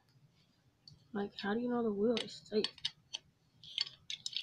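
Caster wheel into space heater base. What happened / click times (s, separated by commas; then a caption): A plastic wheel is handled but has not yet snapped into its socket / none. A plastic caster wheel is handled at the socket on the base of an EnergySmary space heater, with someone talking and a few short, sharp handling ticks. The wheel is not yet home; nothing has seated or clicked yet.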